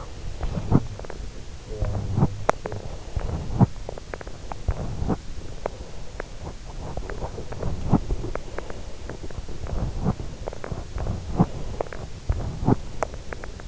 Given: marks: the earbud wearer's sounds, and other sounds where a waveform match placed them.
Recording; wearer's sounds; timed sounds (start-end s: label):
sounds in sleep by an in-ear microphone; body movement, teeth grinding
0.22-1.54 s: body movement
1.54-2.32 s: teeth grinding
2.40-6.82 s: body movement
6.83-13.68 s: body movement